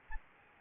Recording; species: mosquito wingbeat signal from an infrared sensor; Anopheles gambiae